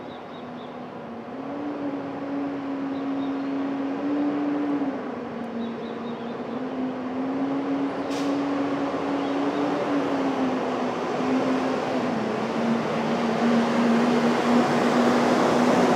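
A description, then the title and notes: Brooklyn at dawn: a steady traffic-like rumble with a low wavering engine drone, slowly growing louder, and one brief sharp tick near eight seconds. Brooklyn Dawn. Street Traffic.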